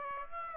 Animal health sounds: mosquito wingbeat signal from an infrared sensor; Aedes aegypti

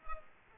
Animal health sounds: mosquito wingbeat signal from an infrared sensor; Culex pipiens

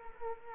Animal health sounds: mosquito wingbeat signal from an infrared sensor; Culex quinquefasciatus

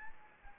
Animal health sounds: mosquito wingbeat signal from an infrared sensor; Anopheles gambiae

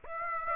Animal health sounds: mosquito wingbeat signal from an infrared sensor; Aedes aegypti

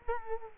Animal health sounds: mosquito wingbeat signal from an infrared sensor; Culex quinquefasciatus

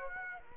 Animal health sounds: mosquito wingbeat signal from an infrared sensor; Aedes aegypti

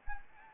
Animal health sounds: mosquito wingbeat signal from an infrared sensor; Anopheles gambiae

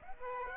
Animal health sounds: mosquito wingbeat signal from an infrared sensor; Aedes aegypti

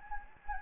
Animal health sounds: mosquito wingbeat signal from an infrared sensor; Anopheles gambiae

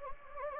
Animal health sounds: mosquito wingbeat signal from an infrared sensor; Anopheles gambiae

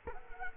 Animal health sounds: mosquito wingbeat signal from an infrared sensor; Culex quinquefasciatus

